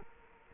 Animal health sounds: mosquito wingbeat signal from an infrared sensor; Culex quinquefasciatus

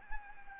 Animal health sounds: mosquito wingbeat signal from an infrared sensor; Anopheles arabiensis

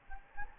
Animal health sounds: mosquito wingbeat signal from an infrared sensor; Anopheles gambiae

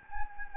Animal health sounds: mosquito wingbeat signal from an infrared sensor; Anopheles gambiae

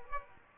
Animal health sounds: mosquito wingbeat signal from an infrared sensor; Aedes aegypti

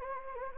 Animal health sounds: mosquito wingbeat signal from an infrared sensor; Anopheles gambiae

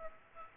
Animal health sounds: mosquito wingbeat signal from an infrared sensor; Aedes aegypti

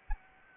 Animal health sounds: mosquito wingbeat signal from an infrared sensor; Anopheles gambiae

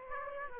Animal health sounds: mosquito wingbeat signal from an infrared sensor; Aedes aegypti

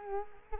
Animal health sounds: mosquito wingbeat signal from an infrared sensor; Culex quinquefasciatus

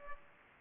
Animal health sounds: mosquito wingbeat signal from an infrared sensor; Aedes aegypti

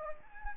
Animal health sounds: mosquito wingbeat signal from an infrared sensor; Anopheles gambiae

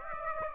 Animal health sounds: mosquito wingbeat signal from an infrared sensor; Aedes aegypti

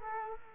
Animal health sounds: mosquito wingbeat signal from an infrared sensor; Culex quinquefasciatus

